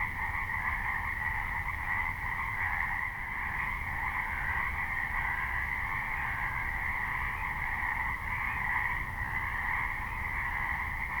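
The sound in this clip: Frogs calling in a dense, unbroken chorus, a steady pulsing drone at two pitches that never pauses, over a faint low rumble.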